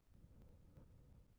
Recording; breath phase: one breath near a microphone; exhalation